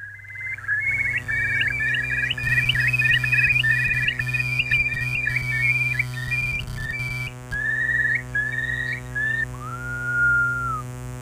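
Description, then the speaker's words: Curlew calls: a rapid series of short whistled notes, several a second, ending with a single longer slurred whistle, over a steady low hum. Played as an example on the programme. "That's the call of the curlew."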